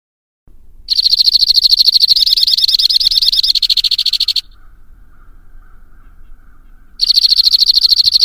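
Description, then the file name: White-winged crossbill song: a sustained, fast, buzzy trill of over three seconds, a quiet pause, then another rapid trill starting up. "suara kicauan burung white winged crossbill. omkicau"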